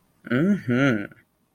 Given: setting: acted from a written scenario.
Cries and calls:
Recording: vocal sound without words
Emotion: desire

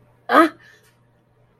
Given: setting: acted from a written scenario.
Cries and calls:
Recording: vocal sound without words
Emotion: anger

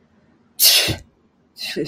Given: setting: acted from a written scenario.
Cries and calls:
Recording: vocal sound without words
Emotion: contempt

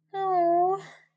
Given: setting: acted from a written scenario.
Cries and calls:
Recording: vocal sound without words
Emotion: sympathy

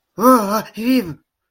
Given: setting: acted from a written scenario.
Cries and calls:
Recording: vocal sound without words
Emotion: distress

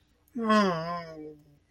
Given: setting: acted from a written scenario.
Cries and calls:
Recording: vocal sound without words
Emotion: disappointment

